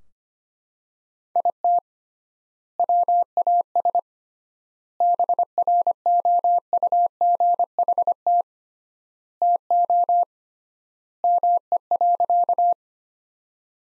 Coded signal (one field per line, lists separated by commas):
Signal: Morse code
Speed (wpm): 25 wpm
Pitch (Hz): 700 Hz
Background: none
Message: IT WAS BROUGHT TO ME.